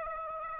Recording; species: mosquito wingbeat signal from an infrared sensor; Aedes aegypti